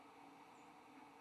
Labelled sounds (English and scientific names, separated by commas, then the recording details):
White-throated Sparrow (Zonotrichia albicollis) flight call
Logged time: 10:59 on 29 November 2014